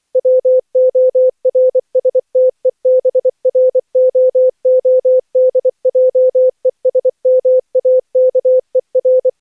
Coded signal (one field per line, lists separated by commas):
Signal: Morse code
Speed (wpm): 18 wpm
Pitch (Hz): 510 Hz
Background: music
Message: WORSTEBROODJESMAKER